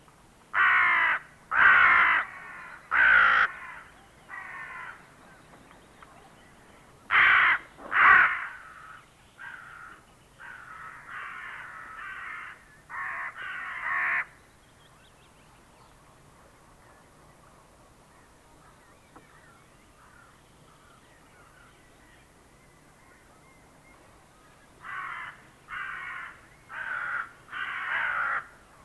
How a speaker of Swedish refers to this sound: Det var råka, nu följer kråka.